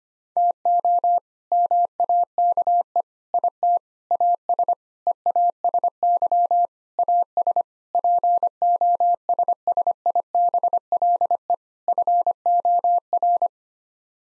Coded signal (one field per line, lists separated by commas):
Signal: Morse code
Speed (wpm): 25 wpm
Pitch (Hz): 700 Hz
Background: none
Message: TO MAKE IT AS EASY AS POSSIBLE FOR